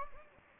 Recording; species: mosquito wingbeat signal from an infrared sensor; Anopheles gambiae